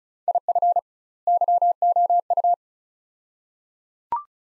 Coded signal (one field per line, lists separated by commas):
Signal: Morse code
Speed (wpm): 36 wpm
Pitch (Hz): 700 Hz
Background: none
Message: IF YOU